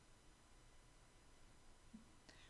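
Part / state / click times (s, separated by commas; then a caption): plastic cable guide cover on massage chair frame / seated / 2.3 s. The plastic top of a cable guide on the frame of a Novo XT2 / XT PRO massage chair is pressed down over the marked area of a cable slid beneath it. After a quiet stretch of low background noise, a short, sharp snap comes at 2.3 s as the guide closes and locks over the cable.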